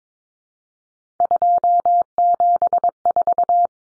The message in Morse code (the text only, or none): 274